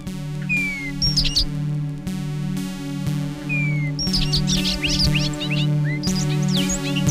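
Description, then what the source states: Bobolink song: rapid, rollicking jumbles of high tinkling notes in short bursts, with a falling whistled slur between them, all over a steady low droning hum. Rollicking melodies rising above a meadow.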